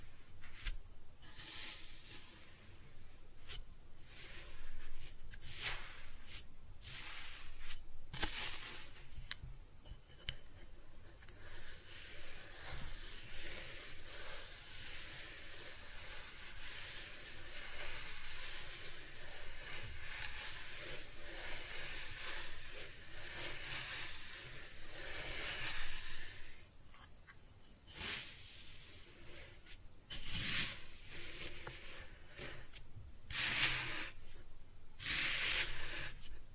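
Kinetic sand is cut and scooped with a continuous, gritty hiss of scraping and crumbling. The first ten seconds and the last ten are broken by frequent short pauses between strokes, while the middle stretch runs as one long, steady rasp.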